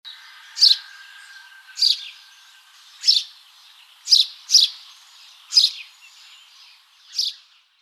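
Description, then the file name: House sparrow chirping: short, bright, slightly harsh notes repeated roughly once a second, seven in total with a quick pair near the middle, and almost nothing else audible. "Passer domesticus"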